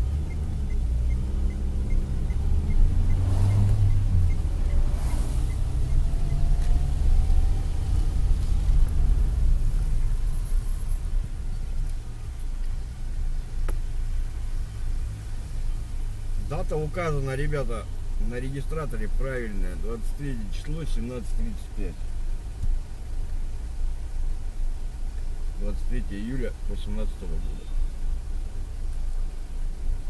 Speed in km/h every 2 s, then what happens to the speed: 0, 17, 21, 26, 27, 10, 0, 0, 0, 0, 0, 0, 0, 0, 0.
0-7 pulls away to 27. 8-12 brakes to 0. 12-30 standing.